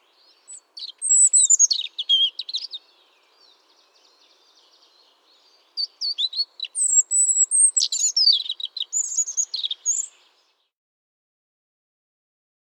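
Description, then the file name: European Robin singing high, sweet, fluid phrases mixing trills and thin whistles, two main bursts separated by a brief quieter twittering stretch, then silence at the end. "rotkehlchen"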